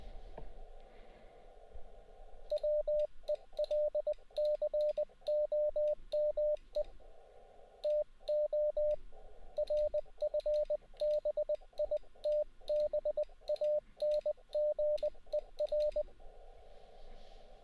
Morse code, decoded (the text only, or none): WELCOME TO RFBITBANGER